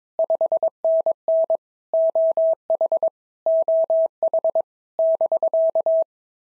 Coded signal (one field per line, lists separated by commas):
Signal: Morse code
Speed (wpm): 22 wpm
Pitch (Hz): 650 Hz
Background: none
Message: 5NN OH OH <BK>